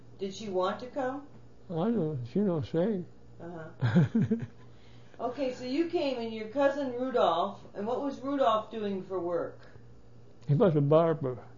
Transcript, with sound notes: Did she want to come?
I don't know. She don't say. (he laughs)
Okay, so you came and your cousin Rudolph. What was Rudolph doing for work?
He was a barber.